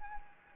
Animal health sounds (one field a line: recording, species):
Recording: mosquito wingbeat signal from an infrared sensor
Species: Anopheles gambiae